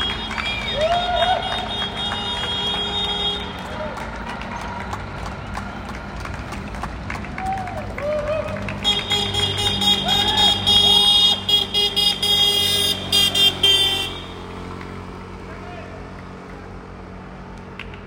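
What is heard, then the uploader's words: People clap from windows and balconies over a low vehicle rumble, with voices and whistles; the clapping swells densest mid-clip, then fades after fourteen seconds. They did this by hanging out their windows and balconies and clapping - on Dundas Street there was one vehicle.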